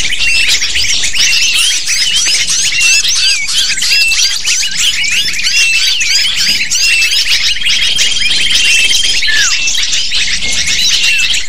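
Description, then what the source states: Shrill lovebird chatter from a crowded flock, fast upward-flicking chirps repeated endlessly, with an occasional thin whistle running under the din. Lure call to attract lovebirds.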